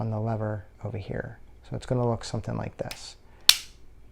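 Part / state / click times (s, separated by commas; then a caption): right-side safety paddle coming off the safety selector shaft / released / 3.5 s. Someone talks while a thumb pushes in on one side and the right-side safety paddle lever is pulled outward, coming off the safety selector shaft. At 3.5 s a sharp click is heard as the spring-loaded detent under the paddle clicks free, releasing the first detent.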